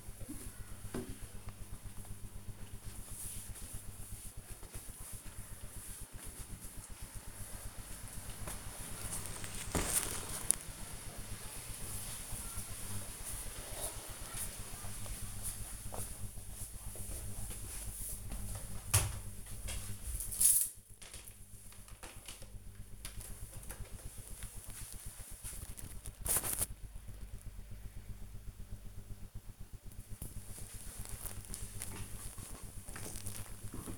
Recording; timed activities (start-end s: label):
household activities, microphone on the right wrist
0.00-8.59 s: window cleaning